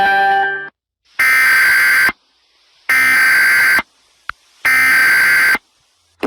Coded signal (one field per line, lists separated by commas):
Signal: Emergency Alert System (SAME) tones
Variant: header bursts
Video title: Eas Alarm A-F